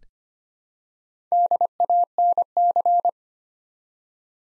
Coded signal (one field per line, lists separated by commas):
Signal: Morse code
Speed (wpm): 25 wpm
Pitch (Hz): 700 Hz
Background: none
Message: DANC